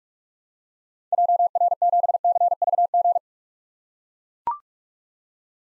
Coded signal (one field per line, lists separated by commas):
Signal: Morse code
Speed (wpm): 44 wpm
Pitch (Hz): 700 Hz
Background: none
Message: JR7CVG